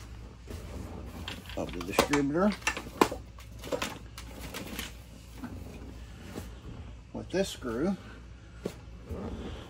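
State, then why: Stripped. A wood screw is tightened through a distributor cap into its bracket while someone talks, with scattered light knocks and taps around it. A sharp click at 8.7 s marks the screw stripping out as it is tightened.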